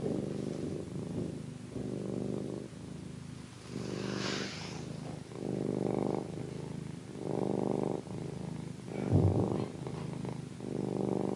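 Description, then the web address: Domestic cat giving a continuous rumbling purr that rises and falls with each breath, roughly every two seconds, with one short hissy rustle midway. "cat curring"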